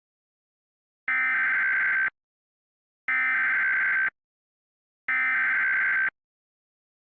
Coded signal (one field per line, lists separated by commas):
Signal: Emergency Alert System (SAME) tones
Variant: header bursts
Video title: EAS SCENARIO: The Green Moon Attack